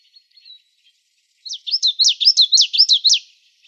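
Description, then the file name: Common yellowthroat song: a few faint thin notes, then a bright phrase of about a dozen quick, wavy repeated notes, high and rolling, lasting under two seconds. Recorded in Arizona. "COYE 9 deviche"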